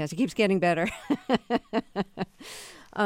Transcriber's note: laughter